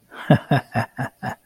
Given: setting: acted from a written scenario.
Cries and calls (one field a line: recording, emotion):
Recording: vocal sound without words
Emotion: amusement